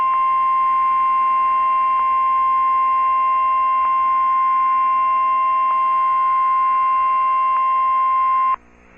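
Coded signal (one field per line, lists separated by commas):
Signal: Emergency Alert System (SAME) tones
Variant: 1050 Hz attention tone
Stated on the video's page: Valid SAME tones, received Flash Flood Warning for Mobile County, Alabama.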